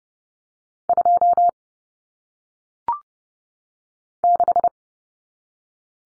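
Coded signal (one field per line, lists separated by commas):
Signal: Morse code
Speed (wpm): 30 wpm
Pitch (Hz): 700 Hz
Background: none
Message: 2 6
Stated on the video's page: Morse practice of single-digit numbers at 30 wpm, each sent, spoken, then sent again.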